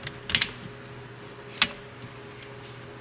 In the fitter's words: alrighty so all I did is just push in the airbag until it clicks and then you're good to go